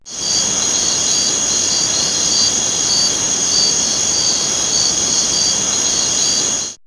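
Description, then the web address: Insects giving a continuous high, shrill buzz with steady pitch and a faint pulsing shimmer throughout, over a hiss of background noise. "X-Static Goldmine. Nature. Insect"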